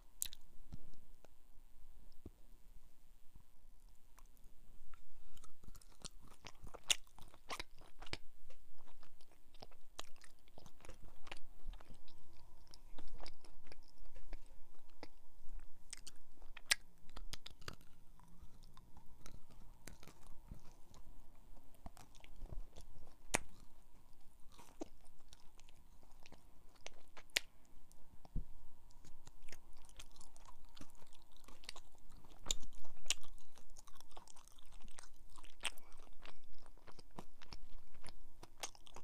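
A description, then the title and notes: Chocolate lolly, sweets and sprinkles crunched and chewed in a dense run of sharp clicks and crackles, over a steady low hum throughout. ASMR with chocolate lolly and sweets and sprinkles.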